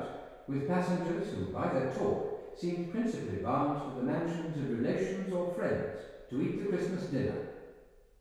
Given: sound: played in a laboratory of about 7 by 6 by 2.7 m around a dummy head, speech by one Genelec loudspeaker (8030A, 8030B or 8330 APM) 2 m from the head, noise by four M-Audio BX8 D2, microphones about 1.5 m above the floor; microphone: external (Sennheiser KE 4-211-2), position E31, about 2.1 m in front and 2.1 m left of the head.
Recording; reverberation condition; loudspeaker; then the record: male speech in English; high; 30 degrees to the left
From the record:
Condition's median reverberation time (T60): about 1300 ms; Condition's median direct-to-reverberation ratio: about -4.0 dB